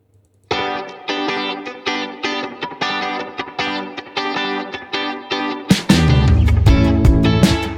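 A rock song begins after a brief silence with a steady, chugging electric guitar riff in repeated bursts, then the full band crashes in loudly with drums and distorted guitars near the end.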